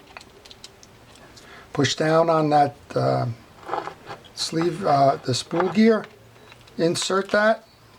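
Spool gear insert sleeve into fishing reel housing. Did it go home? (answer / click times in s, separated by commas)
no / none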